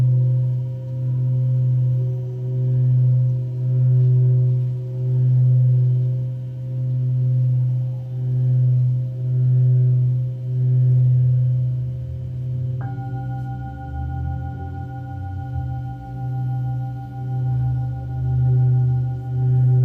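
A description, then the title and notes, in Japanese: Singing bowls hum with a deep, steady drone that swells and fades in slow, even pulses throughout. Near the thirteen-second mark a second bowl is struck, adding a brighter ringing tone that sustains over the low hum until the end. メキシコから シンギングボウルのサウンドヒーリング。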